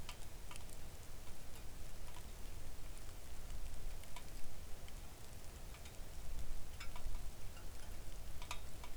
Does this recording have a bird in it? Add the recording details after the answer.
no. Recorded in the Arctic National Wildlife Refuge, Alaska, on 3 August 2019 at 05:52. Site 41